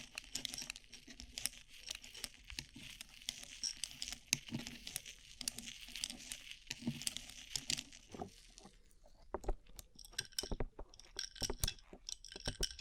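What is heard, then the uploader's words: Rhinestone-covered tapping: dense, rapid, bright clicking and scratching for eight seconds, then sparser sharp taps in clusters with short pauses. ASMR Rhinestone Covered Tapping 3Dio (No Talking).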